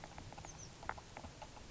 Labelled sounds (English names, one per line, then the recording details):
Oak Titmouse
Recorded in Sonoma County, California